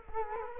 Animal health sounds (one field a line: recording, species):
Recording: mosquito wingbeat signal from an infrared sensor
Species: Culex quinquefasciatus